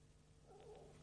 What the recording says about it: That was my stomach. We had a massive burger and fries. I wolfed it down. Stomach gurgles.